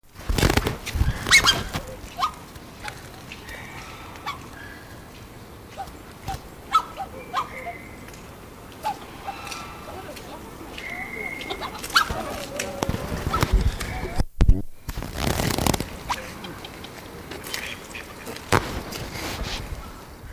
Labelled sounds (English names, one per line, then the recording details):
Black-necked Swan call
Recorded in captivity
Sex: pair
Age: adult
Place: Tierpark Carl Hagenbeck, Hamburg, DE
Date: 2000-11-26 11:14
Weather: cloudy, 5-6°C
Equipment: Nagra SN, Kopie Uher 4000 Report Monitor
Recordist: Tembrock, Günter
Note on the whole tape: Paar-Laute